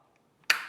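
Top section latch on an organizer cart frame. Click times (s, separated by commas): 0.5 s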